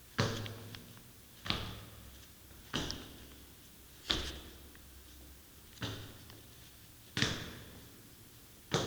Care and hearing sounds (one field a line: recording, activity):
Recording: daily activity, guitar pickup as the sensor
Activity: go downstairs